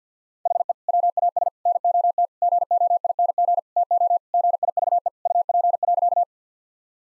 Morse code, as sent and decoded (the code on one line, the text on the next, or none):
.... . / .-- .- ... / -. --- - / --. --- .. -. --. / - --- / --. .. ...- . / ..- .--. .-.-.-
HE WAS NOT GOING TO GIVE UP.